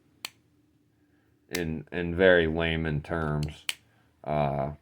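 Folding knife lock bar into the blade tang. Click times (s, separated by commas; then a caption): 0.2 s. A folding knife blade is opened and its lock bar snaps into place in the blade tang with a single sharp click at 0.2 s, and the lock is seated. Someone then talks for the rest of the clip.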